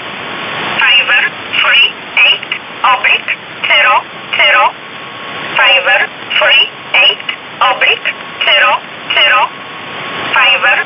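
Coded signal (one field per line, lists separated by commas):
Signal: numbers station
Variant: E11 Oblique, English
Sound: a voice reading short words at a steady, even pace over radio hiss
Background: radio static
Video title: 27 05 2019 E11 Oblique Numbers station in English 0900 on 7439 unknown tx site in USB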